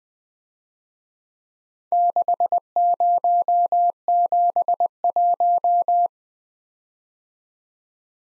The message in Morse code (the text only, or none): 6071